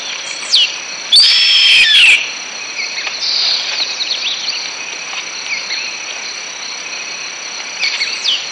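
Bird calls: a loud harsh burst of notes early on, then brief chirps returning irregularly, all over a constant high-pitched insect hum.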